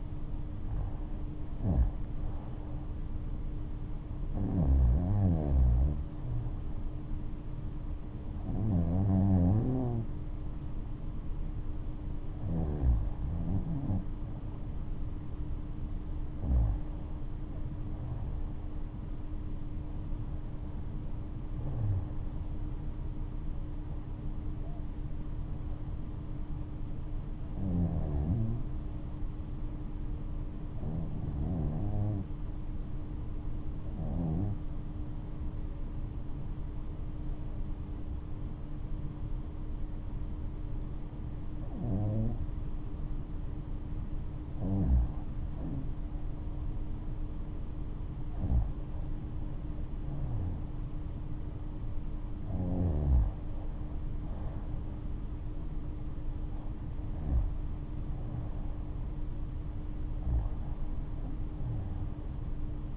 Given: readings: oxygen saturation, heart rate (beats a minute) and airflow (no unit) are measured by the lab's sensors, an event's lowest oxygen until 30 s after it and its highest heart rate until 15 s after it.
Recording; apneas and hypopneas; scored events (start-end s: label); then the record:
breathing in sleep by a smartphone at the bedside; 1
30.00-49.30 s: hypopnea (REM, oxygen 95% highest, then 92% lowest, heart rate 69 at the start, 74 highest)
From the record:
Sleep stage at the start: REM sleep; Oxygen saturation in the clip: 91 to 95%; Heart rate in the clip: 67 to 76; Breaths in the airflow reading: 18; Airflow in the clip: -9.4 to 11.4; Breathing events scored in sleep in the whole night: 228 in 5.4 hours asleep